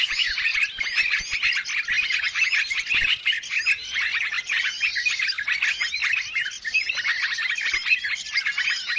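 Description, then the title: Bird chorus of busy overlapping chirps and twittering, steady and crowded from start to finish. Chorus of noisy birds used as a lure sound to attract birds; many birds said to approach as soon as it is played. "Baru Diputar Dah Banyak Merapat! Suara Pikat Burung Ribut"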